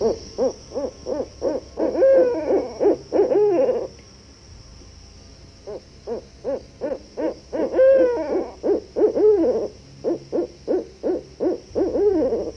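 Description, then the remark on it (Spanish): An owl hoots in repeated rhythmic bursts of short, quavering notes, each series rising then falling, broken by brief pauses; the calls are fairly loud with no one talking. “Y este ulular, este canto, parece o nos recuerda a alguien que está o susurrando o gimiendo o incluso bebiendo, sorbiendo algún líquido, ¿no?”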